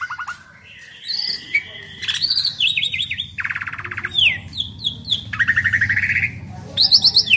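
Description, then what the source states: Asian pied starling song with squawky notes, buzzy rattling trills and whistled slurs over a steady low background hum. Lively, vigorous singing (gacor).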